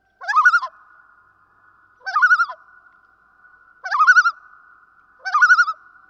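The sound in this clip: Common loon calling loudly with four fast quavering tremolo bursts, spaced roughly every one and a half to two seconds, a faint even tone between them.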